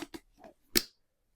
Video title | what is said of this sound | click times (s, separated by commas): Si Coburn - Diameter •••• Ep1 Twister XT | so that's good to know and yeah even with this side of the Buckle with a little pulley there it's still clicking in | 0.1 s, 0.4 s, 0.8 s